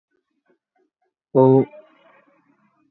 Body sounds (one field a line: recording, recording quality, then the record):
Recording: sustained vowel as in boot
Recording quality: excellent, no background noise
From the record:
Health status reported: healthy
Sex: male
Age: 20 years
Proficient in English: yes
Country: India